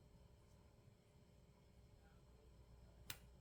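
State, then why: Seated. A wound mainspring for a Waltham wristwatch with a Lorsa P72 movement is pushed out of its brass winder into the watch's mainspring barrel. After about three seconds of quiet low hum, a single sharp, bright click sounds at 3.1 s as the spring pops into the barrel and seats.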